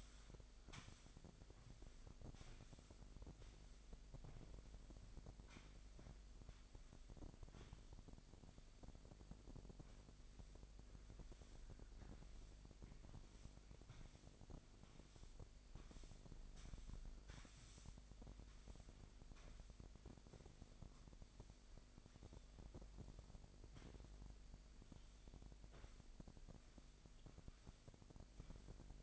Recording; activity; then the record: daily activity, microphone in the room; sweep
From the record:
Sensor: 5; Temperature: 25.1 degrees Celsius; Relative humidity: 39.7%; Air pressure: 1001.7 hPa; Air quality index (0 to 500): 181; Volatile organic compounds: 12 ppm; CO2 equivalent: 2326 ppm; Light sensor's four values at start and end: 27/93/35/37 and 28/95/36/38